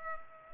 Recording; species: mosquito wingbeat signal from an infrared sensor; Culex pipiens